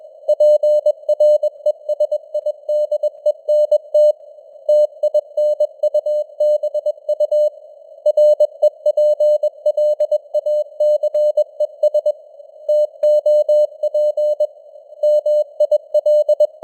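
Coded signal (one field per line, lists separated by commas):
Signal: Morse code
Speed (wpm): 21 wpm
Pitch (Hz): 600 Hz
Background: none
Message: PRESIDENT TINUBU REPLACES TOP MIL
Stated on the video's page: News headlines sent at 21 wpm with simulated radio noise and varying signal strength (QSB).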